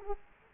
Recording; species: mosquito wingbeat signal from an infrared sensor; Culex quinquefasciatus